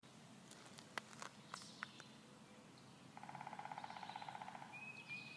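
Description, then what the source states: Woodpecker call: a few sharp taps and clicks, then a rapid buzzy series of pulsed notes lasting about a second and a half, followed by a thin whistle over steady background noise. Unidentified woodpecker species, recorded in 2018.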